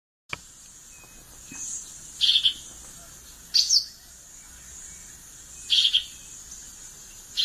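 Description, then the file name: Violaceous euphonia singing short, metallic chattering phrases, some higher and sharper, repeated at irregular intervals against a constant thin background hiss. "canto do guriata"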